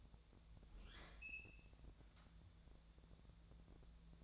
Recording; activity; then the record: daily activity, microphone in the room; open fridge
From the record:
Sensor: 3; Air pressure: 1000.0 hPa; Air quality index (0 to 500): 133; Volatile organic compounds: 2 ppm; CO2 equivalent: 1182 ppm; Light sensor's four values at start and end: 42/108/46/50 and 42/108/46/50